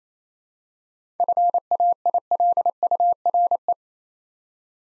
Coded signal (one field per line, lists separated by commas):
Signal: Morse code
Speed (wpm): 28 wpm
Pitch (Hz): 700 Hz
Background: none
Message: FAILURE